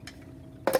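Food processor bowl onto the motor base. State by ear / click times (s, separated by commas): not seated / none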